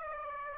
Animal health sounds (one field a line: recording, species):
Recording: mosquito wingbeat signal from an infrared sensor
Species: Aedes aegypti